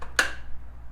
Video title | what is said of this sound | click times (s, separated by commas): IM BACK!!! - Top 3 common Garmin Echomap Issues and how to avoid them! | here are those two clicks and that loud one that is this locking into the cradle | 0.0 s, 0.2 s